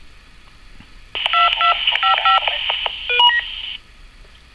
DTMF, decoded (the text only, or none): 2255